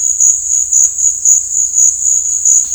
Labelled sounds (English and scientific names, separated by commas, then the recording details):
none
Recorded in dense forest near Puerto Asís, Putumayo, Colombia, on 18 December 2024 at 16:30
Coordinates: 0.481, -76.323
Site G100